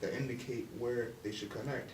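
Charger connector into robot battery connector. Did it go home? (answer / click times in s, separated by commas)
no / none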